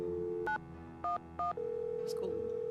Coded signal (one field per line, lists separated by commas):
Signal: DTMF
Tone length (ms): 140 ms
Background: speech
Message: 911